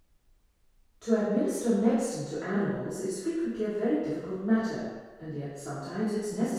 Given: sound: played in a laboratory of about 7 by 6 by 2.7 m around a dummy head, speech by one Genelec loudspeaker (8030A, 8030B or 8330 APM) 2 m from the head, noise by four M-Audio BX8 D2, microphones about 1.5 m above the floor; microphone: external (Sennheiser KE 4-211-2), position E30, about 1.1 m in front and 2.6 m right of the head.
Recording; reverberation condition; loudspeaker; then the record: female speech in English; high; 120 degrees to the right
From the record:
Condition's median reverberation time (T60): about 1300 ms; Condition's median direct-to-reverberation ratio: about -4.0 dB